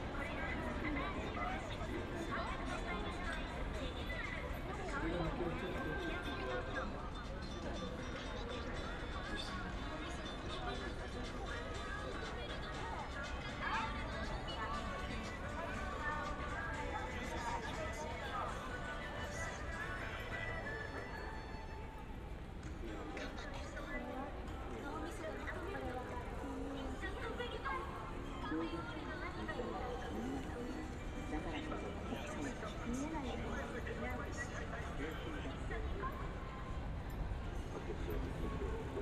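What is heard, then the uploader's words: A walk through Shibuya in Tokyo, Japan, with a steady, dense wash of crowd chatter and street noise throughout. Voices overlap constantly without pause, and low rumble fills the background. Around twenty seconds the mix briefly thins before the busy babble returns. 3D AUDIO Walking in Shibuya 渋谷 Tokyo, Japan.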